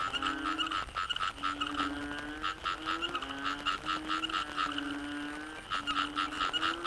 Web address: yamaha frogs cherating wetlands. audio soundscape malaysia